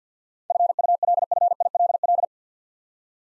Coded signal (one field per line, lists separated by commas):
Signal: Morse code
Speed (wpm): 52 wpm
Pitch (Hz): 700 Hz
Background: none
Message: FULFILL